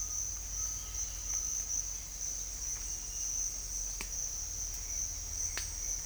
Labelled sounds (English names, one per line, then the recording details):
none
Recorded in dense forest near Puerto Asís, Putumayo, Colombia, on 20 December 2024 at 08:30
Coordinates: 0.484, -76.325
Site G056